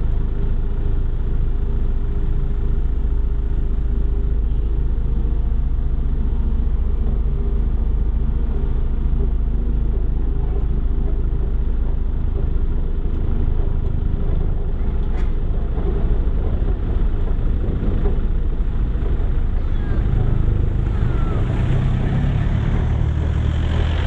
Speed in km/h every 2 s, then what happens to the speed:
0, 0, 0, 3, 5, 7, 8, 10, 10, 7, 8, 10.
0-5 standing. 5-14 pulls away to 10. 14-24 steady at about 10.